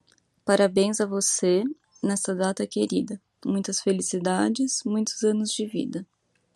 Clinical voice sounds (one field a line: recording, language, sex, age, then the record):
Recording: short text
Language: Brazilian Portuguese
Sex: female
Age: 20 to 29 years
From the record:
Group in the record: control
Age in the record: 29 years